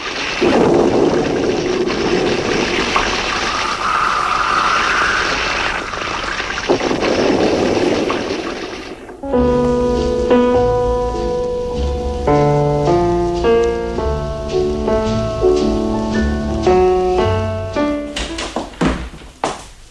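A roaring storm of rain and raging sea rushes and surges loudly for several seconds, then cuts off as music with steady, rhythmic notes takes over.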